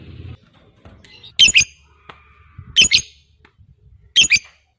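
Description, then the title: Lovebird giving three harsh, shrill double calls spaced more than a second apart, with quiet background between them. Fighter lovebird. "Suara Lovebird FIGHTER NGEKEK PANJANG"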